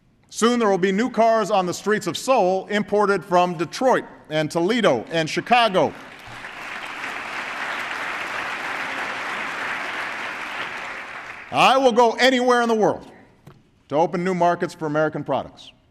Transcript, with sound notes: Soon, there will be new cars on the streets of Seoul imported from Detroit, and Toledo, and Chicago. (Applause.) I will go anywhere in the world to open new markets for American products.